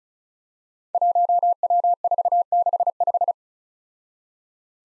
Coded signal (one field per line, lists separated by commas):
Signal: Morse code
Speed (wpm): 36 wpm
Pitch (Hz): 700 Hz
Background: none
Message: 1W465